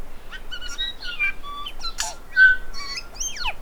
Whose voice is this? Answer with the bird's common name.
New Zealand Bellbird